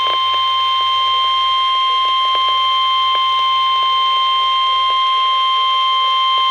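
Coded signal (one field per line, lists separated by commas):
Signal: Emergency Alert System (SAME) tones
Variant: 1050 Hz attention tone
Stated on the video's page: Tornado watch tones received from the Madison, Wisconsin transmitter.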